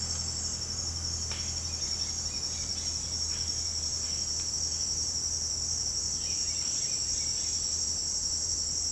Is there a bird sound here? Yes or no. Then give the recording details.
yes. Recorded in secondary vegetation near Puerto Asís, Putumayo, Colombia, on 21 March 2025 at 08:30. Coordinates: 0.502, -76.326. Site G100